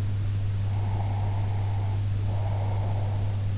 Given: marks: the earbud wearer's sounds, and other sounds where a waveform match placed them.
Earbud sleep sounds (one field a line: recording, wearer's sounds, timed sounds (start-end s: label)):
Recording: sounds in sleep by an in-ear microphone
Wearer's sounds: breath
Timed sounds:
0.69-3.58 s: breath